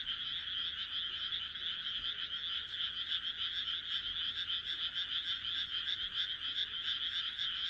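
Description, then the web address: Frogs in chorus giving a constant shrill, rapidly pulsed trill throughout. "kaeru kaeru"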